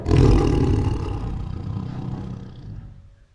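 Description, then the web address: Tiger lets out a single deep, raspy growl that starts loud and trails away over about three seconds. Female tiger making many protective growls. "Sound Ideas Tigers Sound Effects. Female Tiger Makes Many Protective Growls"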